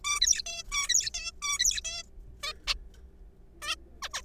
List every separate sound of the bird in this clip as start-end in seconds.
0.04-0.20, 0.22-0.42, 0.46-0.63, 0.71-0.89, 0.89-1.10, 1.14-1.31, 1.42-1.59, 1.59-1.80, 1.85-2.03, 2.43-2.52, 2.67-2.74, 3.62-3.76, 4.02-4.09, 4.13-4.21